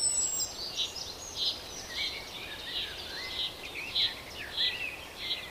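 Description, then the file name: Common chaffinch repeating sharp, clipped call notes roughly every half second, over a rushing background with faint higher squeaks and a lower whistled phrase. "Fringilla coelebs"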